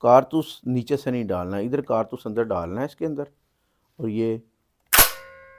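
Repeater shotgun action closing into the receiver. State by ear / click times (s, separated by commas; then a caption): seated / 4.9 s. Someone talks while demonstrating the loading of a repeater shotgun, then closes its action into the receiver. A sharp metallic clack sounds at 4.9 s, with a bright ringing tail, and the action closes and seats.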